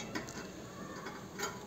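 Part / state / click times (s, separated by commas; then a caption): pilot flame tube into gas water heater burner assembly / seated / 0.1 s, 0.3 s. After being cleaned to fix the water heater's pilot flame going out, the pilot flame tube of a gas water heater is pushed up from below into its seat in the burner assembly. Two short mechanical clicks sound at about 0.2 s and 0.3 s, followed by faint handling noise. The tube is seated in place.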